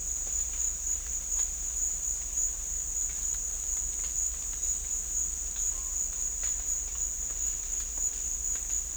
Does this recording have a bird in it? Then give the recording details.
no. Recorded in dense forest near Puerto Asís, Putumayo, Colombia, on 21 December 2024 at 15:30. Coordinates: 0.486, -76.317. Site G003